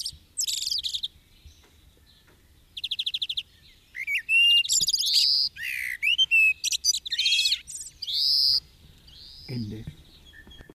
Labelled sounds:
Common Blackbird song

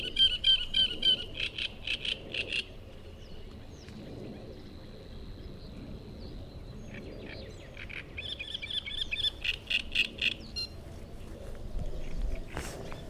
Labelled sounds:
Great Reed Warbler song

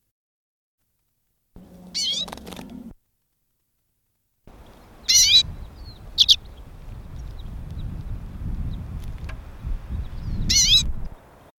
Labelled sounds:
Common Redpoll call

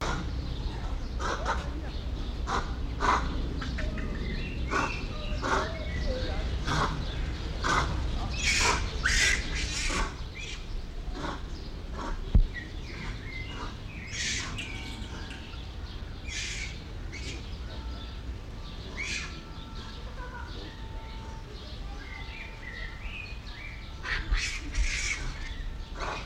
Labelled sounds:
Brown Lemur

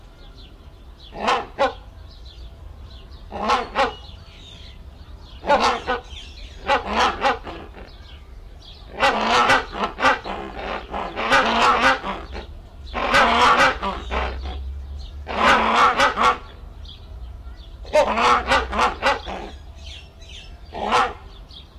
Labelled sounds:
Snowy-crowned Robin-Chat song

